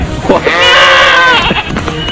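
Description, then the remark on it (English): An angry ram ramming a car lets out one loud, wavering bleat lasting about a second, its quavering tone rising and then trailing off, with rough background noise before and after. “The angry sheep rams the vehicle.”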